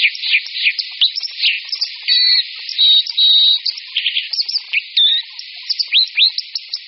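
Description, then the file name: White-throated dipper song mixing fast scratchy chirps with several sustained clear whistles and upward sweeps, delivered in an unbroken high stream. "Skorec-vodní"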